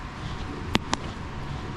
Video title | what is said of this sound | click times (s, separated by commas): C7 Competition Seat Swap + Working Heated and Cooled Seats! | You guys just heard that snap in. | 0.8 s